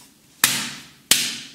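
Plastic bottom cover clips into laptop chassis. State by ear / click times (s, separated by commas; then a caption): seated / 0.4 s, 1.1 s. Pressing along the edge of the plastic bottom cover of an Acer Aspire 5 A515-51 laptop snaps its clips into the chassis. Two sharp clicks come at 0.4 s and 1.1 s, each with a bright decaying ring. The cover seats, though the fit is getting tight, so it should not be pushed too hard.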